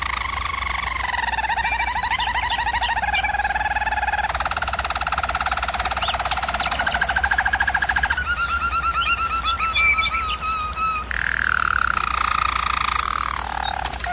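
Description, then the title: German Roller canary song of smooth rolled trills and rapid bubbling notes, changing tour every few seconds, over a faint low hum. German Roller canary singing, for canary training. "German Roller Canary Singing - Canary Training Vid"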